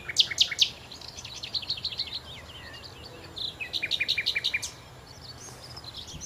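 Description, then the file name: Common nightingale song: a few loud sharp notes, then a rhythmic series of repeated chirps. "Nachtigall"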